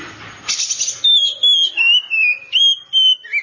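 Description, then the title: Oriental magpie-robin song: after a short burst of noise, a run of loud, clear whistles slides between high and mid pitches in quick phrases. "Kacer"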